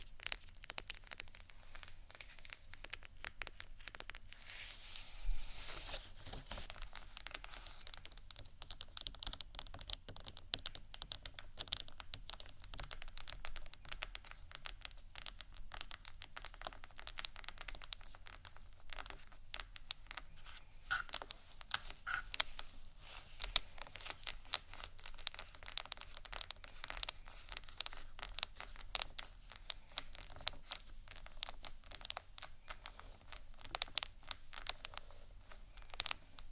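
Tapping and scratching on vinyl, a dense run of small crisp clicks and scrapes that never lets up across the whole stretch. The texture crinkles and rasps with a bright hiss, with a few sharper taps near 6, 21 and 24 seconds.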